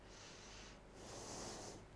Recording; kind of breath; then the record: one breath in and out by a microphone near the nose and mouth; deep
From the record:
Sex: female